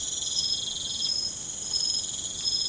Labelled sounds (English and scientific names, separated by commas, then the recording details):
none
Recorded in pastures near Puerto Asís, Putumayo, Colombia, on 30 June 2025 at 02:00
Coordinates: 0.472, -76.331
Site G095